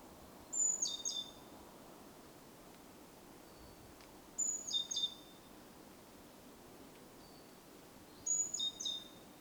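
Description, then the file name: Great tit calling: three short phrases of high thin notes with quick lower chirps, repeated about every four seconds, with soft hiss between. "Parus major"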